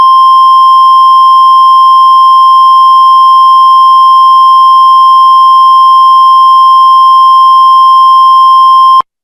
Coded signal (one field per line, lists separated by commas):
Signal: Emergency Alert System (SAME) tones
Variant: 1050 Hz attention tone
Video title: EAS Scenario - Nuclear War